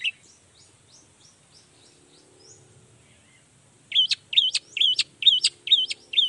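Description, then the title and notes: Long-tailed shrike song: faint high notes, then a fast run of loud wavering whistled phrases repeated several times a second. Singing loudly in the morning with varied 'toet toet' sounds, prompting other shrikes to respond. "Cendet Gacor Dor Di Kala Pagi Toet Toet Variasi Suara. Cendet Gacor Pagi Hari Biangnya Bikin Cendet Manapun Langsung On Nyaut. Burung cendet"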